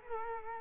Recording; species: mosquito wingbeat signal from an infrared sensor; Culex quinquefasciatus